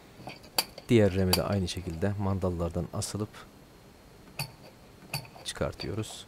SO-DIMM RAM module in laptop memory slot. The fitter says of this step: çıkartmak için yanındaki mandallardan asılıyoruz ve zaten RAM kendine tık diye atıyor